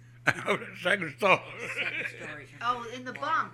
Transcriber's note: he laughs